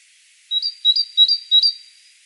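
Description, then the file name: Great tit calling with four paired whistled notes, the second of each pair higher, delivered rapidly and evenly, plus a faint click. "Parus major"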